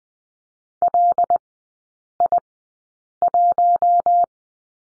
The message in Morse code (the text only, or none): LI1